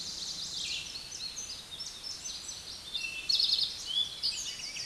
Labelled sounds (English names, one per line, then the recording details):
Eastern Towhee song
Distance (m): 20 m
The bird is about 15 m above the microphone
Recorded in a Pennsylvania forest on 16 May 2024 at 08:57
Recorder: AudioMoth, point MSD-2058
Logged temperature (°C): 11.8 °C
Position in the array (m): 61 m, 18 m